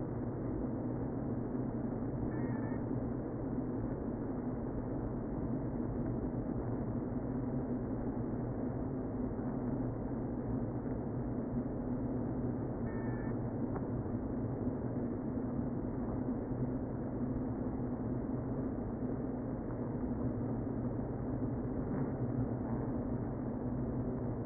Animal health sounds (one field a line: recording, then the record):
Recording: honeybee colony, microphone inside the hive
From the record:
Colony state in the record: queen present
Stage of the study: before two queens were removed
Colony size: about 60,000 bees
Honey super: yes